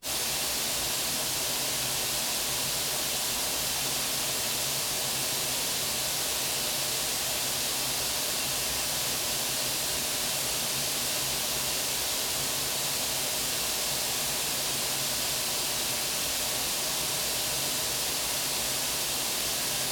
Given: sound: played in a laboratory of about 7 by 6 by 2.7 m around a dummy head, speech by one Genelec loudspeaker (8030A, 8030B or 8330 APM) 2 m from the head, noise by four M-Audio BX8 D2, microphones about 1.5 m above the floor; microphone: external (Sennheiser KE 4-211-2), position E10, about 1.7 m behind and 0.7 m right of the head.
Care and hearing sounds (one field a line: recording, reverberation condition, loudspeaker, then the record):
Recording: white noise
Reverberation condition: medium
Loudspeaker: four, about 170 cm from the corners of the room and facing them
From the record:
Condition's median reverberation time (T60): about 510 ms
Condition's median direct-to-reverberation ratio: about -0.5 dB